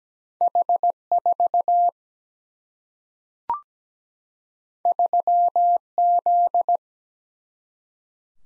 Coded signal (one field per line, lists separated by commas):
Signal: Morse code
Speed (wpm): 17 wpm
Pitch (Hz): 700 Hz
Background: none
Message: H 4 3 Z